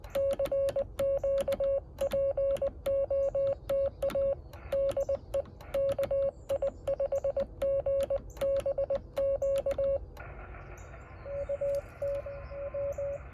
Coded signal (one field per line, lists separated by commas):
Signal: Morse code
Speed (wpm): 20 wpm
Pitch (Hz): 550 Hz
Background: radio noise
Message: CQ POTA DE KI5GBQ UT W